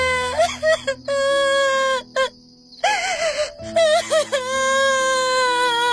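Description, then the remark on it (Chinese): Someone cries in long, high, wailing moans, broken by brief gasping pauses and wavering sobs, the drawn-out cries staying strong and growing louder the longer the crying goes on. “大喜呜呜地哭起来，越哭声音越大”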